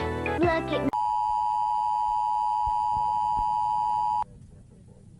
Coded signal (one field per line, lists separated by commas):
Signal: Emergency Alert System (SAME) tones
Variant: 853 and 960 Hz attention tone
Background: speech, music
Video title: WARNING! [EAS] Emergency Alert Message | Disturbing DANGEROUS Alert!